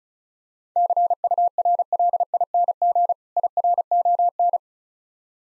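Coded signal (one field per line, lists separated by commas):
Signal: Morse code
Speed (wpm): 35 wpm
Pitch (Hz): 700 Hz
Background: none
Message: CURLING IRON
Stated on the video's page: Morse code copying practice at 35 wpm with contextual hints, difficult words.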